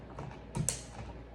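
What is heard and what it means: A new plastic wheel is pushed home onto an RC car axle, with soft mechanical rattling and a duller knock around 0.6 s. It ends in a sharp, bright click at 0.7 s as the wheel snaps into place and seats.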